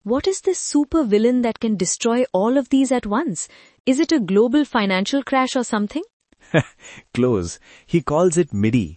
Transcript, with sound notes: What is this “Super Villain” that can destroy all of these at once? Is it a global financial crash or something?
(Laughs) Close! He calls it “Midi”.